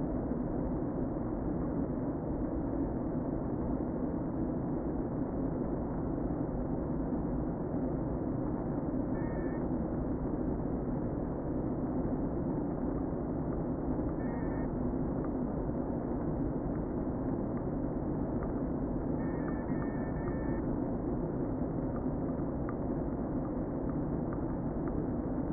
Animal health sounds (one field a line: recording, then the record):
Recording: honeybee colony, microphone inside the hive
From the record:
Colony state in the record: queen present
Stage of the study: before two queens were removed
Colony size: about 60,000 bees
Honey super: yes